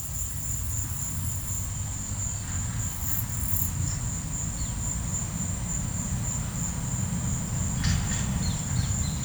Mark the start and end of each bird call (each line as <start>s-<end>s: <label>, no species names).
7.61s-9.25s: bird call